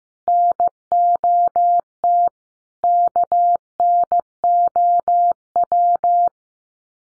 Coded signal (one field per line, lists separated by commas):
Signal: Morse code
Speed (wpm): 15 wpm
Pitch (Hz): 700 Hz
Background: none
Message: NOT KNOW